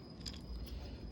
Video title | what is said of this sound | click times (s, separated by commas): The Lawnmower Diaries- Toro Push Mower No Start | And with these, that pin just snaps in place. | 0.3 s